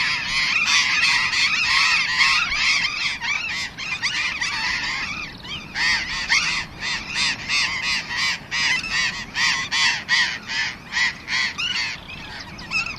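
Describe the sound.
Burrowing parakeet calls: dense harsh, screechy squawks, continuous at first, then breaking into rapid separate bursts about two or three a second.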